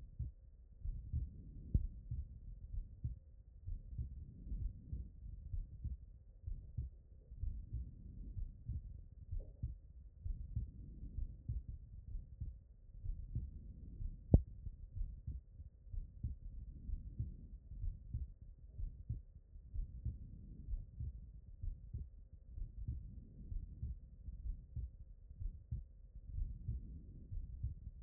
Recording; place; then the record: heart sounds by stethoscope; pulmonary valve (PV)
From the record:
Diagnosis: non-HFrEF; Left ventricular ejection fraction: 59%